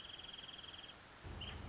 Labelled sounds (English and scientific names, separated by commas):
Wrentit (Chamaea fasciata)